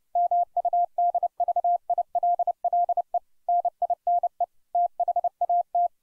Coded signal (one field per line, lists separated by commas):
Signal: Morse code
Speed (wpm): 31 wpm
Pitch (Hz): 700 Hz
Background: none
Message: MUDVILLE NINE THAT